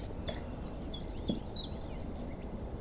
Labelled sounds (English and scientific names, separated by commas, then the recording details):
Common Chiffchaff (Phylloscopus collybita)
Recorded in Germany
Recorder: ecoPi